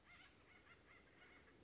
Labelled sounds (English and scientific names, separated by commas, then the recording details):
Acorn Woodpecker (Melanerpes formicivorus)
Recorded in Sonoma County, California